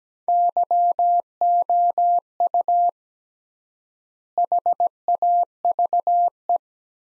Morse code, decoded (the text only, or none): YOU HAVE